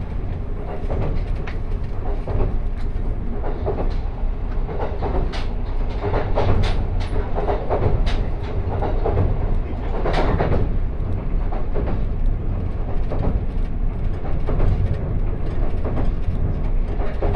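A limited express train rumbles along steadily, a dense low roar with frequent sharp clacks and rattles every second or so throughout.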